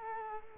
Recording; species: mosquito wingbeat signal from an infrared sensor; Culex quinquefasciatus